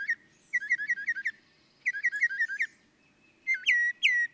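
Northern mockingbird singing two bursts of quick repeated chirps, then two loud falling whistled notes, with a soft low rumble behind.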